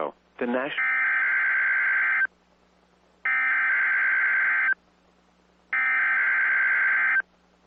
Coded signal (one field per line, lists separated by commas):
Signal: Emergency Alert System (SAME) tones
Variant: header bursts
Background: speech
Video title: Virtual EAS DOUBLE HEADER Tropical Storm Warning